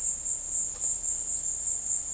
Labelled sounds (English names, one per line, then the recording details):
none
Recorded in dense forest near Puerto Asís, Putumayo, Colombia, on 21 February 2024 at 17:00
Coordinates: 0.485, -76.318
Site G6408